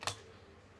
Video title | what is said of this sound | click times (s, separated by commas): Cara upgrade Ram 12 gb dari Ram 4 gb di laptop Asus A456U | Tunggu sampai suara klik. | 0.1 s